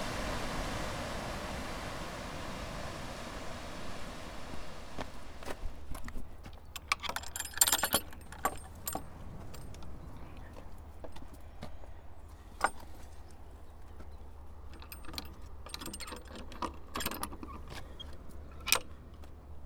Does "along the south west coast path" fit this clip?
yes